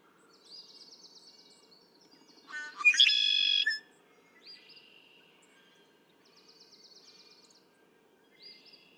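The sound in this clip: Red-winged blackbird song: a stuttering lead-in bursting into a rough, buzzy trill, with faint high trills around it.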